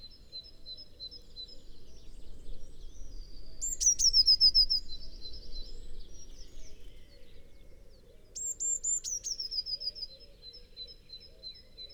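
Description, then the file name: Eurasian blue tit song, high rapid trills given twice, over steady low background noise and faint other birds. "Cyanistes caeruleus"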